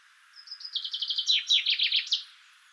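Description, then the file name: Common chaffinch song: a rapid, rattling phrase of repeated notes that drops stepwise in pitch and finishes with an upward flourish. "Fringilla coelebs"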